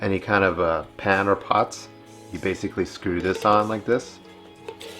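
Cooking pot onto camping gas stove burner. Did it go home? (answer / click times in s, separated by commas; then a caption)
yes / 4.8 s. A cooking pot is lined up on the notches of a camping gas stove burner and twisted until it locks in place. Someone talks, then two short knocks are heard near the end, and the pot seats at 4.8 s.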